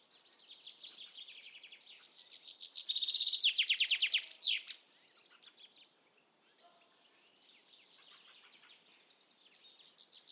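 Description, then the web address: Bird calls: busy high chirping and trilling that swells into a loud rapid burst, then softer scattered twittering and a renewed high trill near the end. "Deverinetal. Bird Only"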